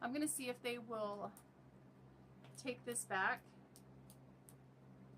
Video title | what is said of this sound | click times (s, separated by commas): Dollar Tree haul - August 16, 2018 | there is just no way to make the pen tip come out and lock into place so that I can use it | none